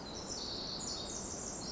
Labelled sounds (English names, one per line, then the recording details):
Pacific Wren
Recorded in Sonoma County, California